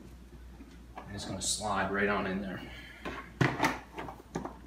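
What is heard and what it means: An infant car seat is slid down onto the adapters of a Baby Jogger City Select Lux stroller while someone talks. A few soft knocks come first, then a sharp latch click at 3.4 s as the seat locks into place on the adapters, followed by a couple of lighter knocks.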